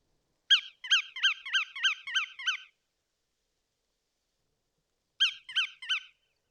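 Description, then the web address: Bar-tailed godwit calls: a quick run of about seven short nasal, reedy notes, roughly three per second, a pause, then three more, with no other sounds. "sound Bar-tailed-Godwit. صدای-گیلانشاه-حنایی"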